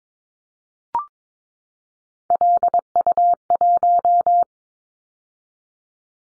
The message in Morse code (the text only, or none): LU1